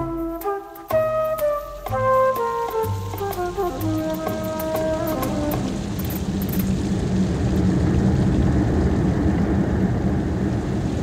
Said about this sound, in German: Sauwetter, was? Seit einer Woche nichts für Regen. Ob das noch mal wieder aufhört? Sieht nicht danach aus.